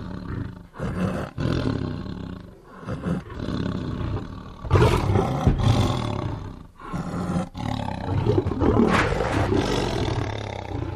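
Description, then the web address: Lion roaring in deep, rough bouts separated by short pauses, loudest in the middle. "big cats|lions"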